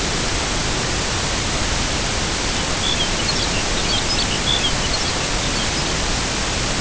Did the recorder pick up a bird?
yes